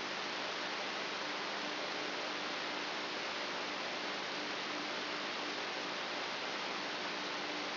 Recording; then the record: brain microelectrode recording played as sound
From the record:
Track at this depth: inside the subthalamic nucleus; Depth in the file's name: 6.416 mm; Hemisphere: left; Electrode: 3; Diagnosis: Parkinson's disease